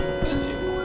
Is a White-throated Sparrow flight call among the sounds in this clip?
no